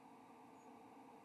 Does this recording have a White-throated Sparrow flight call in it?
yes